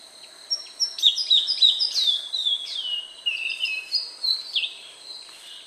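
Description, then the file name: Sanma song: rapid, twittering high notes followed by longer whistles that sweep down in pitch. Male sanma teaching its young to sing. "suara sanma jantan saat mengajari anaknya berkicau"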